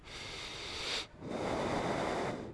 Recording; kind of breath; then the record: one breath in and out by a microphone near the nose and mouth; deep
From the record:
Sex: male